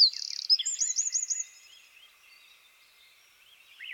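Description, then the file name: Eurasian wren song: a brief high rattling trill and a few quick looping notes, then near quiet with one faint chirp at the close. "Troglodytes troglodytes"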